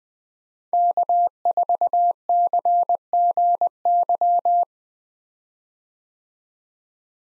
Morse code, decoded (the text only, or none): K4CGY